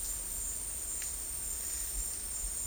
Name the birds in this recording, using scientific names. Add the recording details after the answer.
none. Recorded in dense forest near Puerto Asís, Putumayo, Colombia, on 19 February 2024 at 12:00. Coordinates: 0.485, -76.318. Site G6408